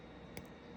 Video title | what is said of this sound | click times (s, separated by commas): Check Out the Borman Moonphase Review - Quirky but Impressive! | got a nice little click | 0.4 s